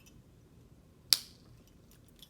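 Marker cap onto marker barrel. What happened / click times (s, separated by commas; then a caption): The marker cap clicked shut / 1.1 s. A plastic cap is pressed onto the barrel of a felt-tip marker and snaps shut with one sharp, bright click at 1.1 s, followed by a short fading ring and a few faint ticks. The cap is seated so the marker will not dry out and can be used again.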